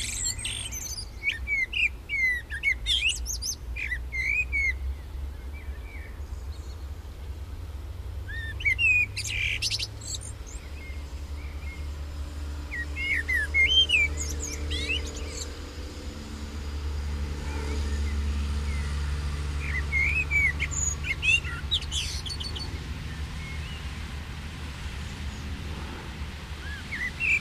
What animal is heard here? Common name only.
Common Blackbird